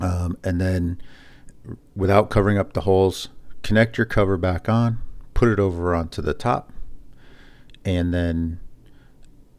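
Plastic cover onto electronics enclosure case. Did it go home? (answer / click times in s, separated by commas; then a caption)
no / none. Someone talks while the black plastic cover of an Eggtimer GPS receiver case (Black Aero Case) is handled and placed over the top of the case, with a few faint ticks near the end. Nothing has seated or clicked yet; the cover has not snapped into place by the end of the clip.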